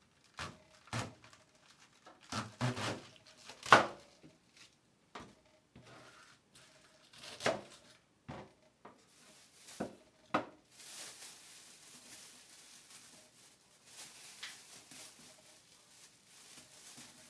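Cooking eggplant stewed with tomato: for the first ten seconds, irregular sharp knocks and clatter of utensils and pans, the loudest near the four-second mark. From about eleven seconds a steady bright sizzling hiss takes over and runs to the end, with occasional soft taps.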